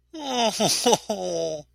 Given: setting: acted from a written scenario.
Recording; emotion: vocal sound without words; adoration